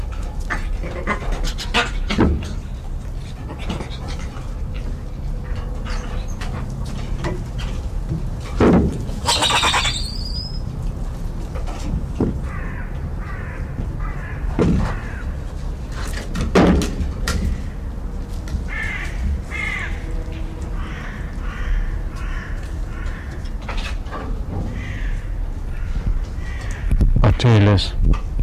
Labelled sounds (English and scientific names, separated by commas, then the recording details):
Black-handed Spider Monkey (Ateles geoffroyi)
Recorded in captivity
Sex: group
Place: Tiergarten Schönbrunn, AT
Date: 1990-08-28 19:45
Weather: fair, 23°C
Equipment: Marantz CP 430, Sennheiser ME 80, Kopie Uher Variocord
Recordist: Tembrock, Günter